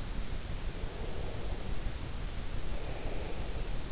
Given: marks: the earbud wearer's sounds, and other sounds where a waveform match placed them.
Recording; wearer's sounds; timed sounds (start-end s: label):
sounds in sleep by an in-ear microphone; breath
0.84-3.83 s: breath